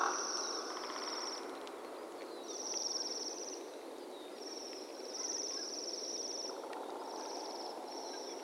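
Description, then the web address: Bohemian waxwings calling, a series of high, ringing trilled notes about a second long, separated by short gaps, with soft background hiss. "sound Bohemian-waxwing. صدای-پرنده-بال-لاکی-بوهمی"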